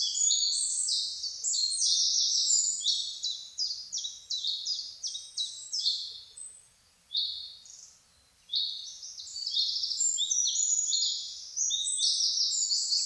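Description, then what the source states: Birds in a busy chorus of high, rapid chirps and trills, briefly thinning to quieter notes midway before the overlapping twittering resumes. Birds singing in a forest in the morning.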